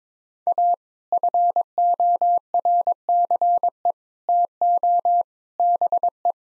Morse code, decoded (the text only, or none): A FORCE TO BE